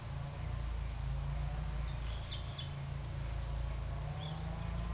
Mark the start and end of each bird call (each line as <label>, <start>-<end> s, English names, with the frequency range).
Great Kiskadee (2.5-6.5 kHz), 2.23-2.69 s
Great Kiskadee (2.4-5.5 kHz), 4.16-4.43 s